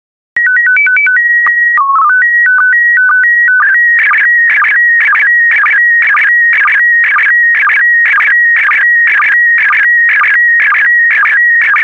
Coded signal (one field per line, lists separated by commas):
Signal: SSTV (slow-scan television)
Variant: PD 120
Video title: 72009 Christmas SSTV PD120